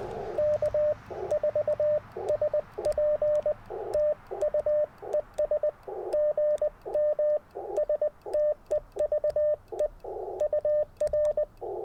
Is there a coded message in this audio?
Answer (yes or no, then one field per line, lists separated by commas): yes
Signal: Morse code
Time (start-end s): 0.4-11.4 s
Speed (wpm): 20 wpm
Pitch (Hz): 590 Hz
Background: radio noise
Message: K4SP TU ES GM STEVE UR